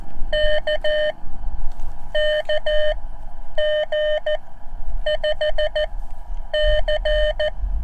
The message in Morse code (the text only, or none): K KG5C